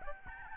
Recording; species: mosquito wingbeat signal from an infrared sensor; Aedes albopictus